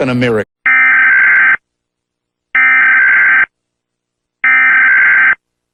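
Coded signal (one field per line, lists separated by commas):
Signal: Emergency Alert System (SAME) tones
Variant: header bursts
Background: speech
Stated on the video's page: Fictional EAS scenario, not a real alert.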